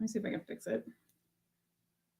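Someone talks while handling the broken piece of a sterling silver stone ring, which broke when it was slid down, about to press it back into its place on the ring. After the talking, the rest of the clip is quiet apart from a faint low hum. Nothing has seated or clicked into place yet.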